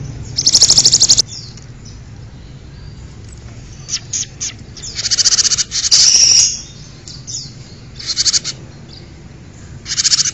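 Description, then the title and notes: Bird song: a long, high rattling trill, then scattered chirps and several shorter buzzy bursts spaced a few seconds apart. "Bird Sound. Kicau Burung Lengkap"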